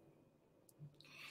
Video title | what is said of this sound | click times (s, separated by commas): Create a Mini Slimline Scene with Woodland Friends | and then I'm going to take the squirrel dye and I'm going to drop it down in there until I feel it click in place | 0.7 s, 1.0 s